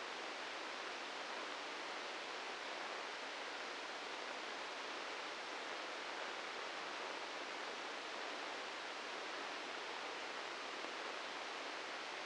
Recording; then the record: brain microelectrode recording played as sound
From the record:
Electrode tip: inside the subthalamic nucleus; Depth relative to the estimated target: 2 mm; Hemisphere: right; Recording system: NeuroSet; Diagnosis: Parkinson's disease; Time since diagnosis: 10 years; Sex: male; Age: 56 years